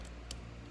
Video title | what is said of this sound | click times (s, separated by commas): FORGE ATMOSPHERIC VALVE INSTALL on a FIAT 500 ABARTH - HOW TO! | So you can see that tab slides right in. You'll hear it click. | 0.3 s